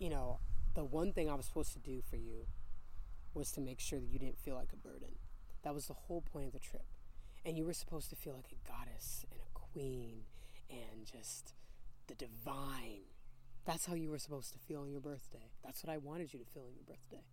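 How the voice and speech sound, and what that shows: One woman speaks clearly and fluently in a soft, emotional tone, with short pauses between phrases.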